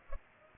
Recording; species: mosquito wingbeat signal from an infrared sensor; Culex pipiens